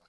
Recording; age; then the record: pig call; piglet (1 to 25 days)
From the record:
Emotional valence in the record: positive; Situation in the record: reunion after long isolation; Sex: male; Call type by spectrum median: low-frequency call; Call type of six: low-frequency tonal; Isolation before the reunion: 8 minutes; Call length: 0.09 s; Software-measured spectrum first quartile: 918 Hz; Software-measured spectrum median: 1810 Hz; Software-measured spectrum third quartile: 5171 Hz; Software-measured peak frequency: 1396 Hz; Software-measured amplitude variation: 89 dB a second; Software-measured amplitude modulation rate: 11.7 a second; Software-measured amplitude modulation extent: 7.6 dB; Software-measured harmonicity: -0.7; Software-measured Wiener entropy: -1.47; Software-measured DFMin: 641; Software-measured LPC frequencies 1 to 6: 696, 1363, 2250, 3001, 4114, 4695 Hz